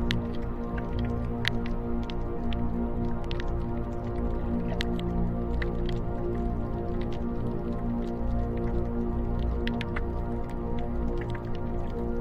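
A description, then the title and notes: Flowing water runs steadily over a soft, sustained bed of low, droning musical tones. Small bright drips and splashes pop out irregularly, several times a second at moments, while the overall level stays even throughout. Flowing Water and Nature Soundscape Music.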